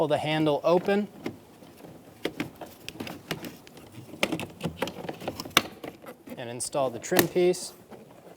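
A plastic trim piece is being handled at the front exterior door handle of a 2000-2007 Ford Focus while the handle is pulled open; someone talks at the start and end. Between the talk, a series of sharp plastic ticks and knocks rises to a loud snap-like hit at 5.6 s. The clip ends before the trim piece goes home, so nothing has seated or clicked yet.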